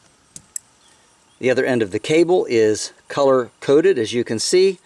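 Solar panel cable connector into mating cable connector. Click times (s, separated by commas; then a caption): 0.4 s, 0.6 s. Two plastic solar panel cable connectors with metal contacts, for an Anker SOLIX F3800 power station, are pushed together until they latch. Two sharp clicks are heard at 0.4 s and 0.6 s, and the connectors are seated. Someone talks from about 1.4 s onward.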